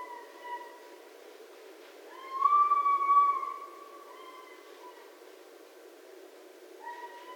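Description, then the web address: Red fox whines: a short tonal cry, then a loud, long whine, a softer follow-up, and another cry at the end. Recorded 6 January 2012. "Red Fox 2012 01 06 Red Fox"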